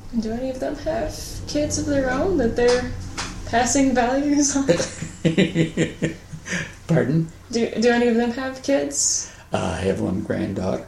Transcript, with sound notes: Do any of them have kids of their own that they're passing values onto?
[Laughs.] Pardon?
Do any of them have kids?
I have one granddaughter.